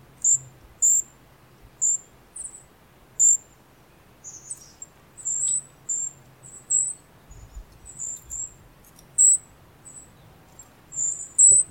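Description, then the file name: Golden-crowned Kinglet calls: very high, thin, short tsee notes given singly or in small clusters at irregular intervals of roughly one second, over faint low hum. "Golden-crowned Kinglet - Regulus satrapa"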